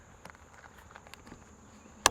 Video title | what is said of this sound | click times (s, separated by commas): 2016 981 Porsche Boxster Spyder - Buyers Guide | same thing fill around for the button and whenever you find it pop it out snap it in | 2.1 s